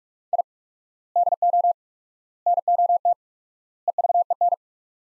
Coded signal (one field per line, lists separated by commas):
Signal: Morse code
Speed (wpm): 41 wpm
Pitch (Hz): 700 Hz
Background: none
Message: I DO NOT EVEN